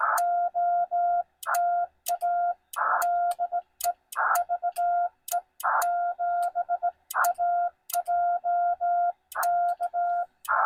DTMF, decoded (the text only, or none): none